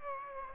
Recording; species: mosquito wingbeat signal from an infrared sensor; Aedes aegypti